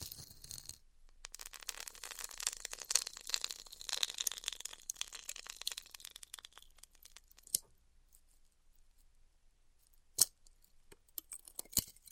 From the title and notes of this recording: ASMR Styrofoam Heat Cutting (No Talking).